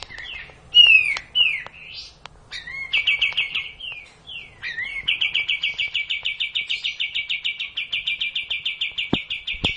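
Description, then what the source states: Cililin song opening with short curving whistles and sharp clicks, then settling into a long, steady, rapid trill of high notes lasting over four seconds. Song in the style called kapas tembak.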